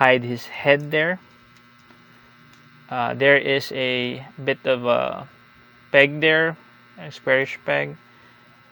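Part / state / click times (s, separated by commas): plastic torso piece onto a peg and slots of an action figure / not seated / none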